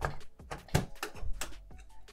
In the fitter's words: you should hear a click